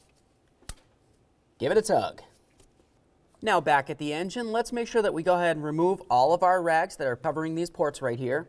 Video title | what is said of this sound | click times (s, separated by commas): How to Replace Fuel Rail Pressure Sensor 2006-10 Ford Explorer | We'll connect this in, listen for a click. | 0.7 s